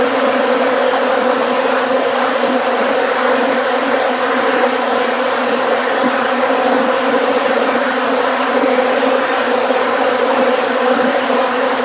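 Bees buzzing: a dense, unbroken drone with steady low humming tones that continue without pause for the whole stretch.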